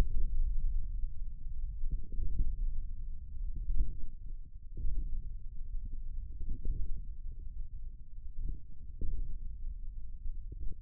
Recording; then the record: forearm muscle sounds (acoustic myography)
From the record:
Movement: thumb flexion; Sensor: system 1, eight BSWA MPA416 microphones around the upper forearm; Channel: 5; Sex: male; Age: 41 years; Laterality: right